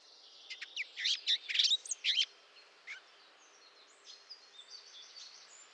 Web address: SETE data Sylvia atricapilla